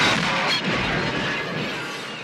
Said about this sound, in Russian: Действие фильма начинается в витрине магазина, телевизор, какое-то выступление, вокруг какие-то атрибуты Рождества, какая-то мишура, какие-то блестки, а потом происходит взрыв.